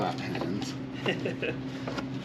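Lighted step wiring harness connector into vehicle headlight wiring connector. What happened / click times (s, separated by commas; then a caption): Handled, not yet seated: no click from the connector / none. A plastic lighted step wiring harness connector for a Ford Bronco Boost Auto Lumastep M2 is worked toward the vehicle's headlight wiring connector in a cramped spot while the wires are routed to the headlights. Someone talks over faint handling and rustling, and nothing has seated or clicked yet.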